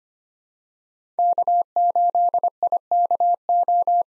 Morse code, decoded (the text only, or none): K8IKO